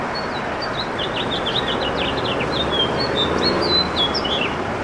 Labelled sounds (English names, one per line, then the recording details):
House Finch song
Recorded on Long Island, New York, on 21 June 2011
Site IT
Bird B